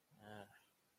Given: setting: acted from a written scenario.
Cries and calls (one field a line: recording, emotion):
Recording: vocal sound without words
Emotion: contempt